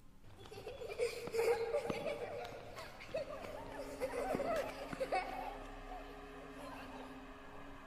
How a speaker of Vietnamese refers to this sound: Khi ánh mắt của anh liếc qua bên kia bờ ao, chỗ hàng chuối trải dài, anh nghe như có tiếng trẻ con cười chạy nhảy, khúc kha khúc khích.